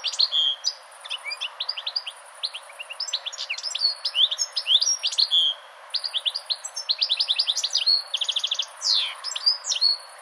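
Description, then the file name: European goldfinch song: a rapid, bright twittering of varied chirps and slurs, with a short dry buzzy trill near the end, running almost without a break. "chardonneret"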